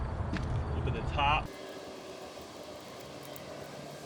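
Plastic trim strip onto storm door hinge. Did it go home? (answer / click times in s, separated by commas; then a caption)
no / none. Someone talks while lining up a plastic trim strip with the top of an Andersen 2000 Series storm door hinge, matching it at the bottom before pushing it in. A brief sharp tap at 0.4 s and a short warbling tone near 1.3 s are heard, then only a low, steady background remains from about 1.5 s. The trim has not snapped or clicked into place yet.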